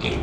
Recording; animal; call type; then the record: contact call of a hoofed animal; pig; closed-mouth grunt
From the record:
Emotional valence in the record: positive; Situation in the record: food and toys in familiar pen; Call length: 0.23 s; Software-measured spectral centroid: 1960 Hz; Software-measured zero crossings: 2000 a second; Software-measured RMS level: -25 dBFS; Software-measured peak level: -10 dBFS